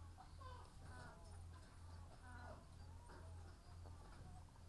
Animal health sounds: poultry house recording; sick chickens (respiratory disease)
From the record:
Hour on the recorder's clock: 18

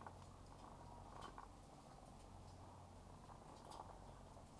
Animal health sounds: poultry house recording; sick chickens (respiratory disease)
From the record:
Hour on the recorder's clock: 12

